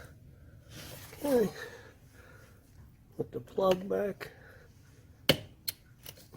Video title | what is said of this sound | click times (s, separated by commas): DIAGNOSING & FIXING CODES PO455 & PO456 - JEEP GRAND CHEROKEE | You heard that little click. | 5.3 s